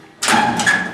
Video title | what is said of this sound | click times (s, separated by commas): 31 ford model a pickup 10 | you can only hear a single click | 0.2 s